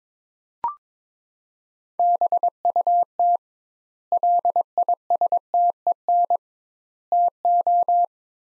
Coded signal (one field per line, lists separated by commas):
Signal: Morse code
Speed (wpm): 22 wpm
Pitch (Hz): 700 Hz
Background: none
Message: BUT LISTEN TO